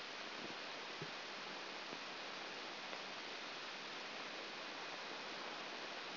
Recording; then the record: brain microelectrode recording played as sound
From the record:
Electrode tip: outside the subthalamic nucleus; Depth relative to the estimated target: -8 mm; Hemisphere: left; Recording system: AlphaMap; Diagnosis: Parkinson's disease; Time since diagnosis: 9 years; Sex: female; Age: 40 years